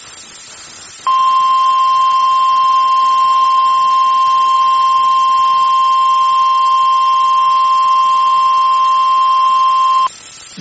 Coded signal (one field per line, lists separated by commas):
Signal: Emergency Alert System (SAME) tones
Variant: 1050 Hz attention tone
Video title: The Dixie Alley Terror| EAS #52-#56